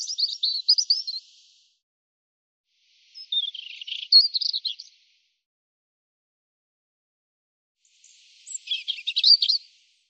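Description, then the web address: European robin song: three separate high, tumbling warbled phrases with sliding notes, spaced by pauses of a second or more. "cianscape birddata Deverinetal 2025 Bird Er Ru"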